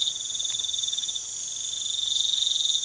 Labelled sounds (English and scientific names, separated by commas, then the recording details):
none
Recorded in pastures near Puerto Asís, Putumayo, Colombia, on 12 March 2025 at 03:00
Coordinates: 0.487, -76.322
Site G077